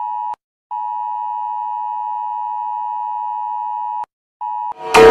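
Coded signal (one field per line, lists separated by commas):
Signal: Emergency Alert System (SAME) tones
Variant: 853 and 960 Hz attention tone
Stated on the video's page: EAS-style alarms from a FIFA World Cup Brazil 2014 game.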